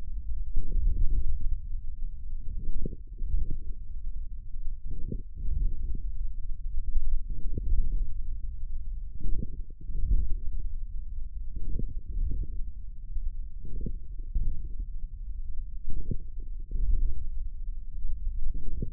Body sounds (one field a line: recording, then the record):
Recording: forearm muscle sounds (acoustic myography)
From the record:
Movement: ulnar deviation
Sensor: system 1, eight BSWA MPA416 microphones around the upper forearm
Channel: 5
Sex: male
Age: 41 years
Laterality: right